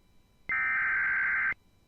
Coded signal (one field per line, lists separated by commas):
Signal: Emergency Alert System (SAME) tones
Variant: header bursts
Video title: 3/16/22 SEVERE THUNDERSTORM WATCH #47 ON WJON EAS #157